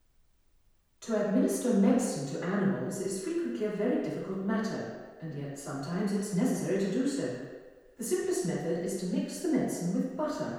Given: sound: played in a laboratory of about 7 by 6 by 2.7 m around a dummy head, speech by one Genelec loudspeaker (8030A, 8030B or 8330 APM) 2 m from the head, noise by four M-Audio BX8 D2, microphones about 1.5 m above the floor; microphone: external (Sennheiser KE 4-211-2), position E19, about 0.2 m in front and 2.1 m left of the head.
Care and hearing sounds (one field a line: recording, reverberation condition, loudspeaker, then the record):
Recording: female speech in English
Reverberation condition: high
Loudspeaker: 60 degrees to the right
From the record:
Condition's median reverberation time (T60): about 1300 ms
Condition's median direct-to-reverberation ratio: about -4.0 dB